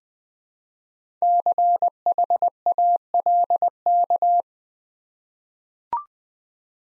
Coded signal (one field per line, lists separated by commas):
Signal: Morse code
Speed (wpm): 20 wpm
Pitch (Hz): 700 Hz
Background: none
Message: CHALK